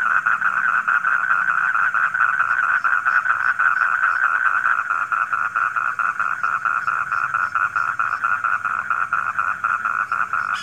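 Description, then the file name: Frog croaking with rapid pulsed notes at a fairly steady level, with a faint high hiss behind. Calling at night. "suara kodok di malam hari"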